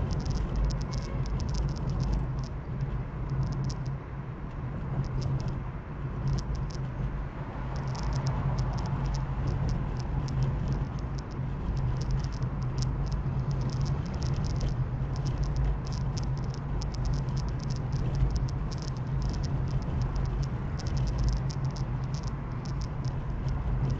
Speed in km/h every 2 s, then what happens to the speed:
51, 50, 49, 49, 47, 46, 42, 40, 40, 39, 39, 39.
0-9 steady at about 49. 9-14 slows to 40. 14-24 steady at about 39.